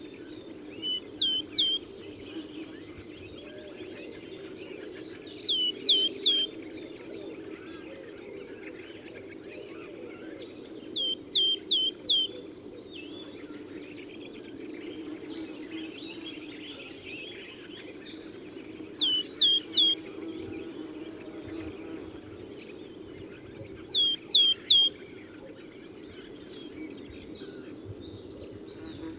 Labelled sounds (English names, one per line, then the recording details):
Willow Tit
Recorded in the wild
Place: Brunn, Mecklenburg-Vorpommern, DE
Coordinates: 53.662, 13.335
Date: 1981-04-09 18:57
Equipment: Nagra III BH, Sennheiser MD 21, parabola
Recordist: Schubert, Michael